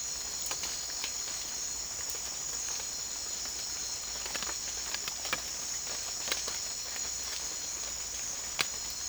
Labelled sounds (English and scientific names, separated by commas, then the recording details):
none
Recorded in secondary vegetation near Puerto Asís, Putumayo, Colombia, on 30 June 2025 at 17:00
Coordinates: 0.499, -76.323
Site G077